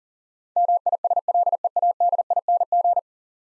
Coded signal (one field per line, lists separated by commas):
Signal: Morse code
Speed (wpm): 38 wpm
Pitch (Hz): 700 Hz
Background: none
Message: MISLEADING